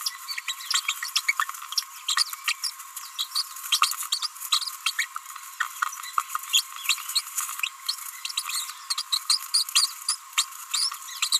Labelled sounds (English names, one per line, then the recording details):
Green-rumped Parrotlet babbling
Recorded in a nest box in Venezuela
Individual 18B25A4